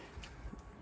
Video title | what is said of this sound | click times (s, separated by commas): Le Meilleur Rideau Pare-Soleil Tesla | ça se ça se clipse hop voilà | 0.2 s